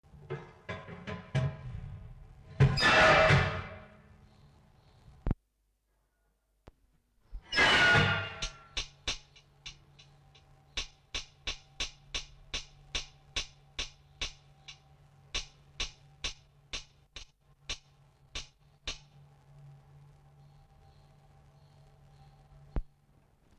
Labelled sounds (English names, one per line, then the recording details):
Surinam Toad call
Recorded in captivity
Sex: male
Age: adult
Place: Zoologisches Institut der HUB, Berlin, DE
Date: 1960-06-18 11:00
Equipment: Reporter, Vollspur
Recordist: Tembrock, Günter
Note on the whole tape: Lautfolgen, durch geräuschvolles Verschieben einer Glasplatte ausgelöst, Abstand ca. 30 cm